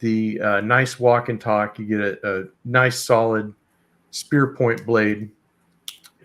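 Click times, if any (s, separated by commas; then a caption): 5.9 s. Someone talks, then the spear point blade of a Rough Rider slipjoint pocket knife with G10 covers, steel bolsters, steel liners and half stops is opened. Its backspring snaps it into the open position with a sharp click at 5.9 s, followed by a faint tick at 6.1 s.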